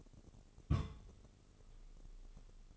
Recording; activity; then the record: daily activity, microphone in the room; place on stove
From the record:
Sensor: 4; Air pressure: 996.2 hPa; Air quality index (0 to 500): 78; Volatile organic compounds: 3 ppm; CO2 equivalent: 1465 ppm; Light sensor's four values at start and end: 18/50/19/21 and 18/50/19/21